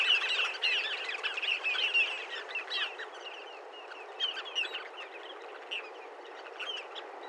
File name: koforgato hangja